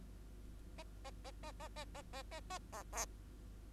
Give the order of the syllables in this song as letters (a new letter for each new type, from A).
A A A A A A A A A A A B